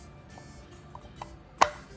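The loose rear motor truck of a 1951–1952 Santa Fe 360 PA model train locomotive, likely loose because the E-clip at the top is missing, is worked back up into its mount on the locomotive frame. Faint ticks at 0.9 s and 1.2 s come before a sharp click at 1.6 s, when the truck seats at the correct height relative to the front motor.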